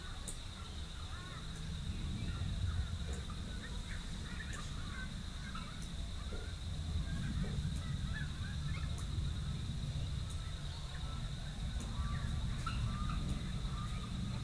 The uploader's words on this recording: Rural Dawn Chorus, Rathdowney, Queensland. It's recorded using two microphones placed as if they were human ears. Today it's the Dawn Chorus in the tiny town of Rathdowney, Queensland.